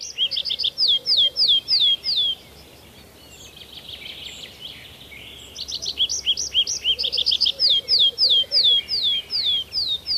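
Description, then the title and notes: Tree Pipit song: descending slurred whistles end a phrase, a quiet buzzy interlude follows, then a new phrase of rapid chirps and drawn-out falling whistles. "Viikon luontoääni: Metsäkirvinen. Risto Salovaara"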